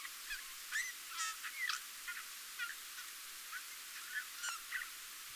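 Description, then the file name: Eurasian bullfinch calls: soft, short whistled notes near the same pitch, some curving down, given irregularly among scratchy high chips and faint clicks. "Pyrrhula pyrrhula"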